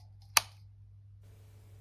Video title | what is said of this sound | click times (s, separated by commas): Ryobi Patio Cleaner Wire Brush Replacement EXPLAINED! | And just like that, that is now locked. | 0.4 s